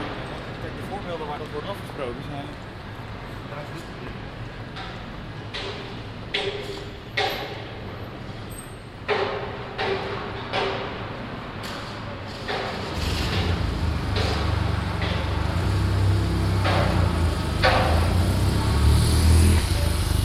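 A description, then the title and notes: Construction work at a city building excavation, with a steady low rumble of traffic and machinery that grows heavier and louder after about twelve seconds. Sharp metallic clanks and thuds strike irregularly throughout, while faint voices of passing pedestrians mingle in the background. Construction work, Turfmarkt (Den Haag, March 4th, 2015). Pedestrians and other traffic around a big building excavation at the Turfmarkt, Den Haag.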